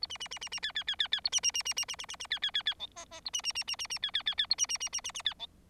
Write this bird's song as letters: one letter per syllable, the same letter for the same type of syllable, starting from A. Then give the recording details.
A B B B B B C C C C C A B B B B B B B B B C C C C D E E A B B B B B B C C C C A B B B B B B C D. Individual Bird4